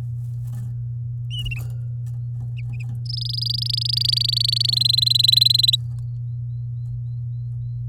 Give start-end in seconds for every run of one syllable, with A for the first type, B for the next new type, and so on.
3.06-4.75 A, 4.76-5.76 B